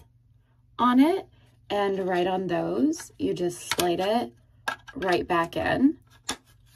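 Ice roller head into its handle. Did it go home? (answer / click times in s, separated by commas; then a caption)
yes / 6.3 s. Someone talks while a frozen ice roller head is slid back onto its handle along the handle's small indentations. At 6.3 s a single sharp click is heard as the head pops into place and seats in the handle.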